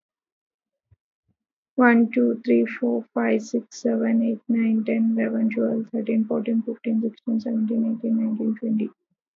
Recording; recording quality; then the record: counting at a fast pace; excellent, no background noise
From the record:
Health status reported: healthy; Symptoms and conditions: none ticked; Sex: female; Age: 24 years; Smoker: not ticked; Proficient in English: yes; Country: India